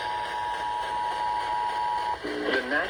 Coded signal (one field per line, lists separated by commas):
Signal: Emergency Alert System (SAME) tones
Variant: 853 and 960 Hz attention tone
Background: speech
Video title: EAS #1158 Severe Thunderstorm Warning